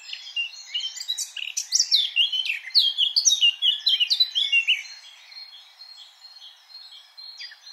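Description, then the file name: Eurasian blackcap song, a lively stream of rapid, varied warbled notes for about five seconds, followed by softer, sparse twitters. "Sylvia atricapilla"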